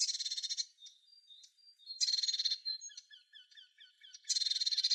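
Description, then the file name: Eurasian blue tit calling: three loud buzzy churrs, about two seconds apart, separated by soft, thin, high chipping notes. "Cyanistes caeruleus"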